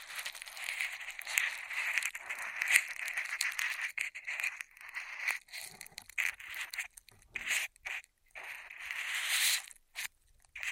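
Straw triggers: crinkly, crackling scrapes with a bright, thin edge and almost no low end. The first four seconds are a dense, steady rustle, then it breaks into short bursts and quick scrapes with silent gaps, ending in a louder smear around nine seconds.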